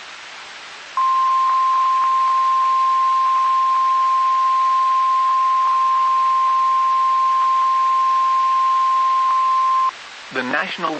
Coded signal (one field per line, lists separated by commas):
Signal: Emergency Alert System (SAME) tones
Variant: 1050 Hz attention tone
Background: speech